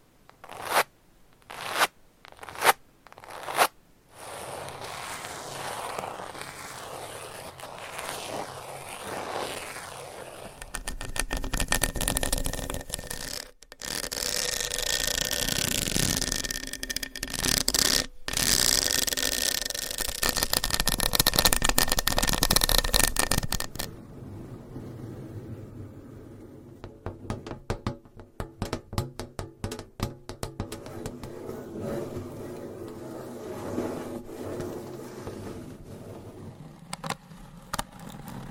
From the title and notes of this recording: ASMR Scratching & Tapping for People with Short Attention Span ASMR for ADHD - No Talking.